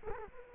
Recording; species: mosquito wingbeat signal from an infrared sensor; Culex quinquefasciatus